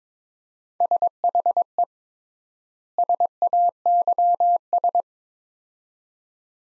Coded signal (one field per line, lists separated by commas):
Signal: Morse code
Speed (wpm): 23 wpm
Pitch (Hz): 700 Hz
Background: none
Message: SHE SAYS